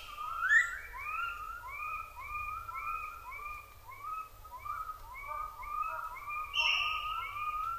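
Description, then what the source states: Japanese macaque coo calls, a fast run of many short arched tonal notes, some overlapping, with a louder note near the end. Juvenile animal, recorded 7 October 2008 at 06:10.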